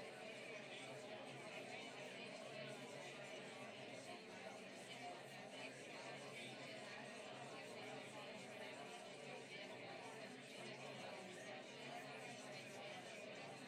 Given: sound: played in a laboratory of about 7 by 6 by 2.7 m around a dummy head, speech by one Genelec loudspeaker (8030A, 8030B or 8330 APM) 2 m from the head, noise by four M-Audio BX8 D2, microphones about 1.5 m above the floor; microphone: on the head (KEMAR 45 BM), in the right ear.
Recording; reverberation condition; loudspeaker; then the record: babble noise; low; four, about 170 cm from the corners of the room and facing them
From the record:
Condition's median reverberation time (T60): about 310 ms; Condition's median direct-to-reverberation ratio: about 3.5 dB